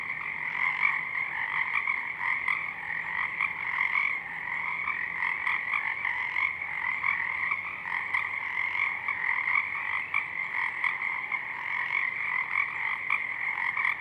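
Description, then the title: Chorus of Pacific chorus frogs, a thick unceasing mesh of rasping calls. Many frogs in full chorus at dusk; downmixed to stereo from a double mid-side recording. "Pacific Chorus Frogs (Pseudacris regilla), dusk"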